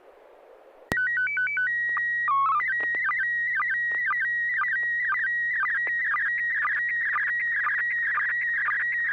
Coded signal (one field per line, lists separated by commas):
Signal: SSTV (slow-scan television)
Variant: PD 120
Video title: N6NA SSTV Net - 10/23/2024